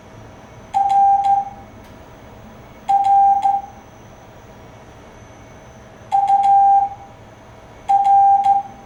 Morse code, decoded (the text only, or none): RR UR